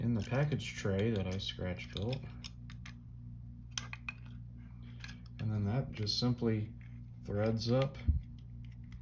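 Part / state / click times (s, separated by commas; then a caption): small plastic model part into model car package tray / not seated / none. Someone talks while handling a small plastic model part, threading it up toward two scratch-built holes in the package tray of a model car; light ticks and taps of plastic are heard between the words. The part is not yet home, and nothing has seated or clicked yet.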